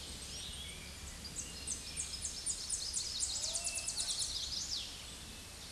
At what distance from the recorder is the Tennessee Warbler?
about 30 m